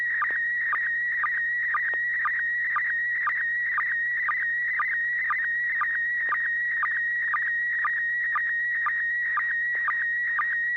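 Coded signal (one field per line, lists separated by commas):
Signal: SSTV (slow-scan television)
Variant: PD120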